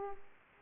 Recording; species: mosquito wingbeat signal from an infrared sensor; Aedes aegypti